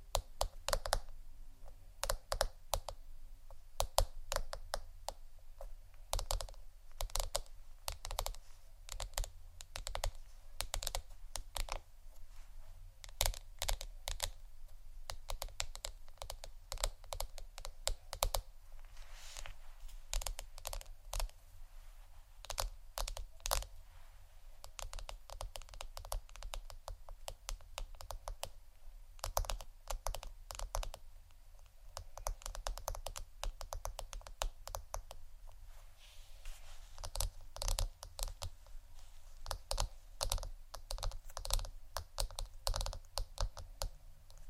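Rapid tapping on hard objects such as wood, ceramic and a book, sharp clicks that come in dense, irregular bursts for the full forty-five seconds. The taps are bright and crisp with a low thud under many, and short pauses break the flurries.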